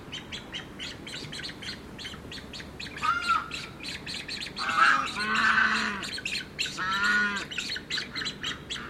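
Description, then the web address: Australian white ibis calling with hoarse, grunting croaks and squawks against a steady chatter of high, repeated notes. Young and mature birds at a nesting site in South Australia. "Sound Effects-Foundation 1 BIRDS IBIS AUSTRALIAN WHITE YOUNG MATURE NESTING"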